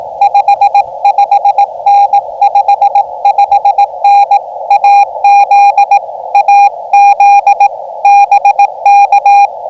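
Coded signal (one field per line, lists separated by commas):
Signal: Morse code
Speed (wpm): 18 wpm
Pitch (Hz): 810 Hz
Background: radio noise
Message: 55N 55N AZ AZ BK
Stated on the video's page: CW park activation pile-up in gusty wind and rough conditions, FT-891 keyed with a paddle into an end-fed half-wave sloper; mostly 20m, some 15m DX.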